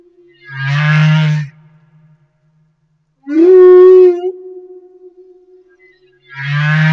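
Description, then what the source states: Humpback whale song: a deep, gravelly moan, then a rising wail settling into a long steady tone, and another deep moan to finish. Madagascar.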